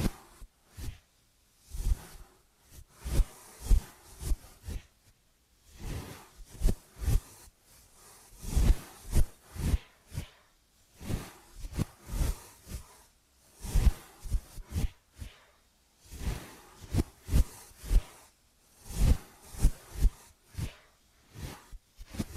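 Ear and scalp massage: repeated soft rubbing and scratching strokes in quick bursts, with low thumps and brief pauses between clusters.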